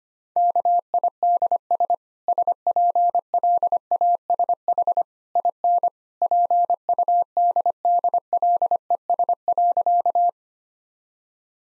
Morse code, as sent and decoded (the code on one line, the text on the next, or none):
-.- .. -.. ... / ... .--. .-.. .- ... .... / .. -. / .--. ..- -.. -.. .-.. . ... .-.-.-
KIDS SPLASH IN PUDDLES.